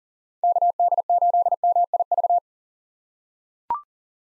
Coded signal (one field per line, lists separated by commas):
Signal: Morse code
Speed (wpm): 40 wpm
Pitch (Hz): 700 Hz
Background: none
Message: KD8MIV